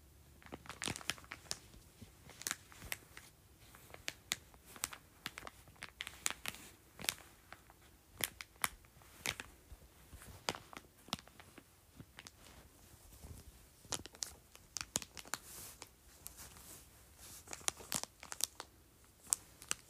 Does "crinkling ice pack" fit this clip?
yes